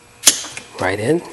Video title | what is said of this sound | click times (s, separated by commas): How To Replace The Fan Clutch 2004 Dodge Durango | pumps and they snap right in | 0.3 s